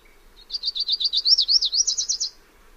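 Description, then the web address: Lucy's warbler gives a fast, high-pitched trill of many evenly paced notes lasting under two seconds, over a soft low background hum. "Songs of Birds of North America Know Your Bird Sounds. Lucys Warbler"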